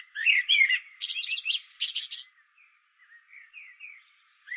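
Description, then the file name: Common blackbird sings a brief warbled note followed by a dense burst of high scratchy twittering, then fainter soft notes trailing off. "Turdus merula"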